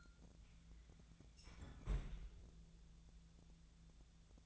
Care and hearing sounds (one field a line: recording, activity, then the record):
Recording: daily activity, microphone in the room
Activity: close fridge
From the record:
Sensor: 3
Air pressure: 1000.0 hPa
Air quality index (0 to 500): 132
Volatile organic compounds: 2 ppm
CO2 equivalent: 1180 ppm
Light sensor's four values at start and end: 35/89/37/41 and 35/89/37/41